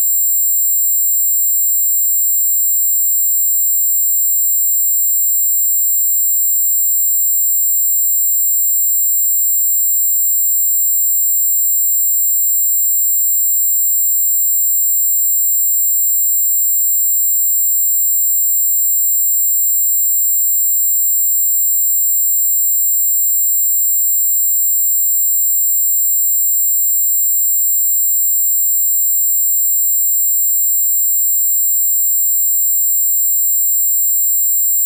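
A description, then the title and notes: A steady sine wave at 15000 Hz and 19000 Hz holds at a very high, piercing pitch for the whole 35 seconds, with no change in level. Fainter constant tones sit lower down, and nothing else is heard. 15000Hz+19000Hz Sine wave. This sound is made up of the original sound and the semitone +4 & -4...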